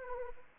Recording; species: mosquito wingbeat signal from an infrared sensor; Anopheles arabiensis